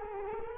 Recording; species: mosquito wingbeat signal from an infrared sensor; Culex quinquefasciatus